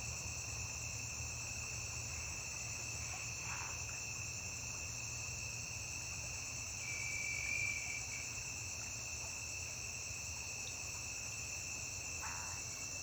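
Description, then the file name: Cricket: steady shrill chirping in several overlapping bands, with a slightly louder trill swelling briefly around the seventh second. Constant cricket chirping recorded on a riverbank. "Grilo constante na beira de rio"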